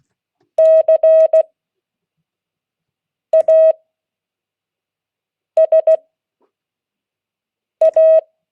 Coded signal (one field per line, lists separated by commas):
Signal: Morse code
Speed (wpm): 16 wpm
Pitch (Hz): 640 Hz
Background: none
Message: CASA